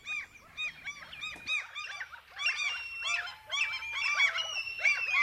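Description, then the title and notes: Common gulls giving a chorus of overlapping squealing, mewing calls, some drawn out and level, others short and repeated in rapid irregular runs. "Viikon luontoääni: Kalalokki. Juha Laaksonen"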